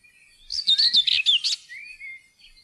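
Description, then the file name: Common whitethroat song: a brisk, scratchy warble of about one second, with thinner whistled notes trailing afterward. "tornsanger"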